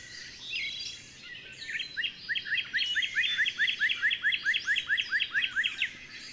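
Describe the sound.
Bird song: soft twittering followed by a steady series of rising chirps.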